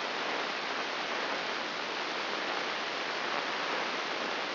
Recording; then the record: brain microelectrode recording played as sound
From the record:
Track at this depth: outside the subthalamic nucleus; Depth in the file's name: 7.26 mm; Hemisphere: left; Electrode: 3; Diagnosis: Parkinson's disease